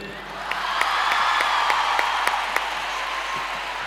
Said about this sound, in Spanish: Me gustaría invitar al escenario a una amiga, a una mujer con un corazón impresionante. Quiero pedir un fortísimo aplauso, por favor